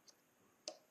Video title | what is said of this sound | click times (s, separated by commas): Aqua Marina 2019 Race Board and Accessories | the board the paddle around so you can see the push-button fixing that will go down lock into place and then fasten it there that is 100% secure | 0.7 s